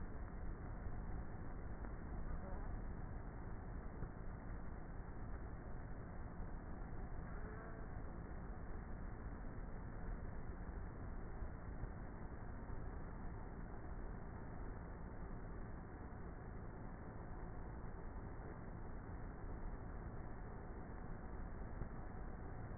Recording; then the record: honeybee colony, microphone inside the hive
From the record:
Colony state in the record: queenless with a low population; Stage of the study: before two queens were removed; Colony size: about 30,000 bees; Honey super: no